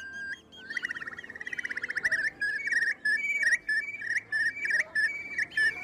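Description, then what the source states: Eurasian curlew bubbling call: a rising whistle breaking into a fast trill, followed by repeated clear whistled notes with short pauses between them. Wintering bird among hundreds of waders on a wet, windy November morning at North Bull Island, Dublin, Ireland, a biosphere reserve.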